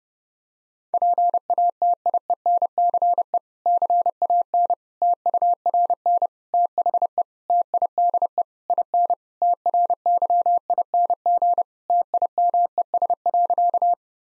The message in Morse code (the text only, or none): PATIENCE CAN TURN THE TIDE IN TRYING TIMES.